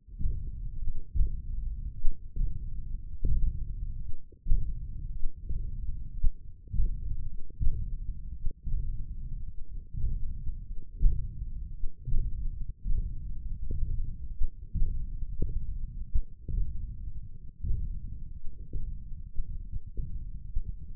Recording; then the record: forearm muscle sounds (acoustic myography)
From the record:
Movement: hook grip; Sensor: system 1, eight BSWA MPA416 microphones around the upper forearm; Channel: 1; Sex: male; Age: 20 years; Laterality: left